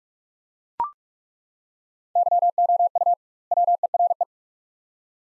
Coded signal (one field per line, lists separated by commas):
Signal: Morse code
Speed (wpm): 43 wpm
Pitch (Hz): 700 Hz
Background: none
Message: YOU WERE